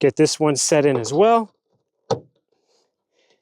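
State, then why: Seated. Someone talks, then the other end of a new hood strut, its socket end, is set onto its ball stud mount. A single loud snap is heard at 2.1 s, followed by near silence. The strut end is seated on the ball stud.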